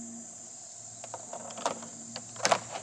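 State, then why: Seated. A small vinyl siding trim piece on a shed is pressed into its siding channel, with a steady high-pitched whine in the background and a few light taps and rustles around 1.0–2.2 seconds. At 2.5 seconds a sharp, loud snap is heard as the piece seats into place, followed by a brief second click just after.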